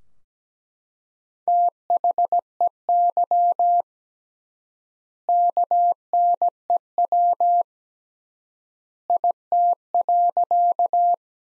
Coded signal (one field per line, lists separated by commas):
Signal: Morse code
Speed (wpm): 17 wpm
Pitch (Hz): 700 Hz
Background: none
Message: THEY KNEW IT.